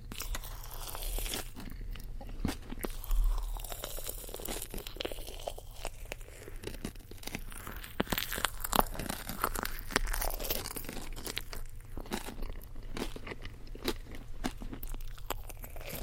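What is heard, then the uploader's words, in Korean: Eating sounds of a peach jelly-filled marshmallow: soft, squishy chewing with dense, irregular crunchy clicks and sticky tearing noises throughout. Sharper bites stand out near the three-second mark and again around nine seconds. 복숭아 젤리필링 마쉬멜로우 소리. 위니비니 복숭아젤리필링 마쉬멜로우.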